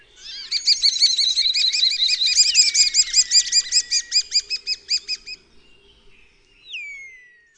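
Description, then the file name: Common starling giving a fast, steady rattle of repeated clicking notes for about five seconds, then a single sliding whistle that falls in pitch. "SZPAK"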